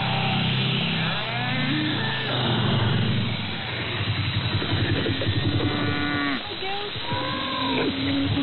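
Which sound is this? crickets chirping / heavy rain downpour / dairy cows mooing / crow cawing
dairy cows mooing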